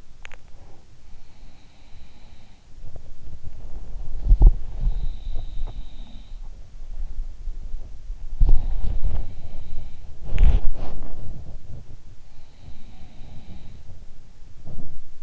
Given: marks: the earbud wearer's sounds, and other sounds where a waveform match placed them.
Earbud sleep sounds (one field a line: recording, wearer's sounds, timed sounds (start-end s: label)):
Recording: sounds in sleep by an in-ear microphone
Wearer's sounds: teeth grinding, body movement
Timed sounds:
0.00-0.48 s: teeth grinding
2.62-15.23 s: body movement
4.53-7.30 s: sound from someone else or the room
8.40-10.16 s: sound from someone else or the room
12.03-13.99 s: sound from someone else or the room